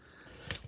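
A plastic chest panel is brought down and tabbed into the torso of a Transformers Generations Age of the Primes Megatronus The Fallen action figure during transformation. A short, sharp click sounds at 0.5 s. The piece tabs in but is not fully engaged at the back.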